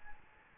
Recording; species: mosquito wingbeat signal from an infrared sensor; Aedes albopictus